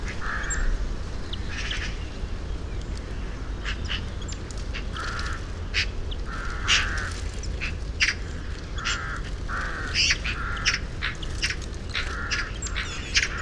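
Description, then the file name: Eurasian magpie chattering in rough, rasping bursts, some repeated in quick runs, others spaced out, over a continuous low hum of background noise. "Pica pica"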